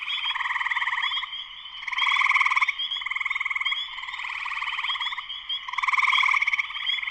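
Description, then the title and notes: Spring peepers chorusing, a constant shrill peep backdrop with rattling pulsed trills swelling repeatedly. Full chorus shortly after sunset in Sleeping Bear Dunes National Lakeshore, northern Michigan, USA. "Spring peepers (chorus frogs) in concert. Spring peepers (chorus frogs) in full chorus shortly after sunset in the Sleeping Bear Dunes National Lakeshore in northern Michigan, USA. Recorded by Darrin Wassom. Part of the Music for Sleep project"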